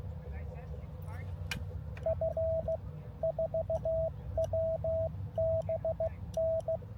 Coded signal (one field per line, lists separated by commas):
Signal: Morse code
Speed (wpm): 15 wpm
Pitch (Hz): 660 Hz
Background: speech, radio noise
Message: F4WBN